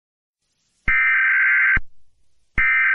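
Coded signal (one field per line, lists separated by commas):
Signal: Emergency Alert System (SAME) tones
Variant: header bursts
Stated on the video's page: Fictional EAS scenario about an invasion of the UK.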